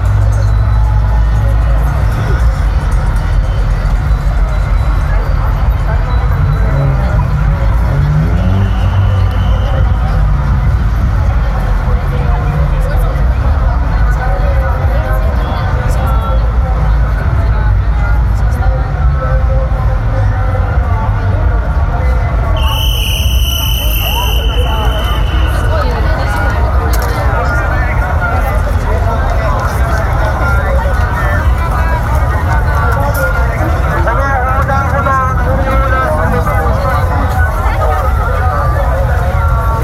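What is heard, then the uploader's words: A crowded street crossing on Halloween night: dense, steady chatter from many voices, over a constant low rumble of traffic. Around 23 seconds a loud, high-pitched tone rings out for about two seconds, like a whistle or signal beep. Halloween Crowded at/around Shibuya Scrumble Crossing, (about)0:00 a.m. Recorded with my iPhone instantly! モノラル録音。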